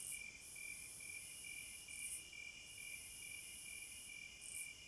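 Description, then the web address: Crickets sing in a dense chorus: regular short chirps about twice per second beneath a piercing high trill that pauses briefly a few times. Crickets at midnight. "Sleep Sounds of Nature CRICKETS Midnight Serenade"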